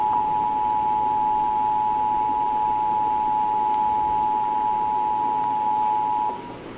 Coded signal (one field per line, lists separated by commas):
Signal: Emergency Alert System (SAME) tones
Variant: 853 and 960 Hz attention tone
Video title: The EAS Saga (AI Sponge Rehydrated)